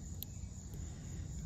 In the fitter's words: that into here that click